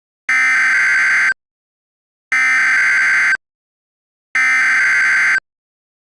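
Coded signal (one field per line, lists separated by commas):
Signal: Emergency Alert System (SAME) tones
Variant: header bursts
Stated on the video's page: Mock alert, not a real broadcast.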